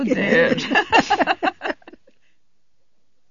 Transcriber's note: they all laugh